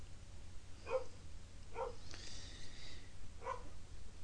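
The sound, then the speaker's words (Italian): Three faint, short barks from pet dogs in the background, spaced a second or more apart, with a brief higher-pitched whine between them, over a low, steady background hum. “Allora, quello che sta ascoltando in sottofondo sono i miei cani.”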